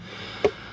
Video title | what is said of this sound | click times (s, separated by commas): Undermount Drawer Slides DEMYSTIFIED -- The Recreational Woodworker | So whenever you install it, you pull on that guy till you hear it click. | 0.5 s